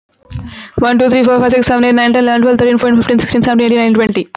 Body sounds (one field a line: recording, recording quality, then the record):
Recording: counting at a fast pace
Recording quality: excellent, no background noise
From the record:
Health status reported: healthy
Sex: female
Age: 23 years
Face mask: not worn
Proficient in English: yes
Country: India